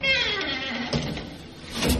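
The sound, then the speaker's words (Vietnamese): A father pushes a door shut to cut down the noise, with a thin creaking tone at first followed by two soft knocking thuds about a second apart, the last one slightly louder. “Bố Long khép cánh cửa lại cho đỡ ồn.”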